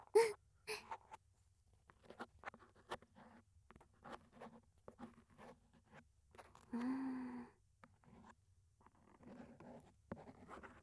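Ear cleaning in the right ear: soft, irregular scratching and crisp clicks scraping in short bursts, with a brief hummed vocal tone around the middle.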